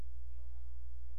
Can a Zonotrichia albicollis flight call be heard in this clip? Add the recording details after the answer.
no. No flight call is heard. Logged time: 00:01 on 16 September 2014